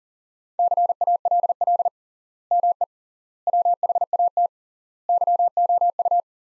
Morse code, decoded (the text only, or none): CALL ME WHAT YOU